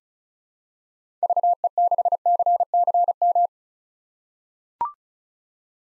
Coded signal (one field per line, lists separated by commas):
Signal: Morse code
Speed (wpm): 34 wpm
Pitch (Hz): 700 Hz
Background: none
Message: VE6CCM